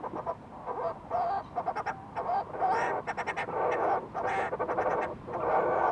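Fulmar prion in loud, continuous rasping chatter, rhythmic throaty pulses running into longer grating phrases throughout.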